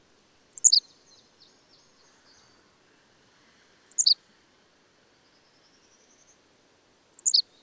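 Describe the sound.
Bird sings three crisp, high, descending four-note phrases, with soft chirps and a faint rising whistle in the background between phrases.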